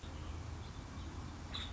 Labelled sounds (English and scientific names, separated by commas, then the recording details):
Nuttall's Woodpecker (Dryobates nuttallii)
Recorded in Sonoma County, California